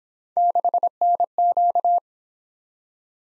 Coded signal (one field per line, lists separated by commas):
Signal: Morse code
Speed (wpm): 26 wpm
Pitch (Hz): 700 Hz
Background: none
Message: 6NQ